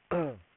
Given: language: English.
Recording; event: throat vibration sensor signal played as sound; throat clearing